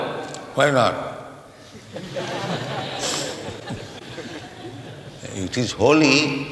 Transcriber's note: laughter